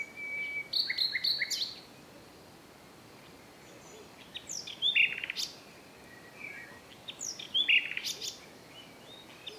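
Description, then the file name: Common nightingale singing varied phrases: rapid chirped bursts separated by pauses of a few seconds, with sharp whistled notes and short rattles. "Luscinia megarhynchos"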